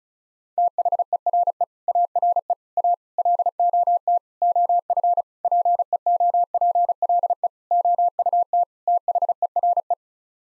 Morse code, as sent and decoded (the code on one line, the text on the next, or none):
- .... . .-. . / .- .-. . / .- / .-.. --- - / --- ..-. / .--. . --- .--. .-.. . / --- ..- - / - .... . .-. .
THERE ARE A LOT OF PEOPLE OUT THERE